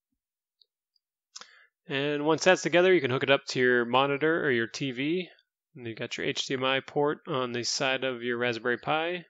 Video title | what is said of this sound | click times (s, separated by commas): Kano Computer Kit Unboxing and Setup | and you hear a little click and you know it's good to go | 0.6 s, 1.4 s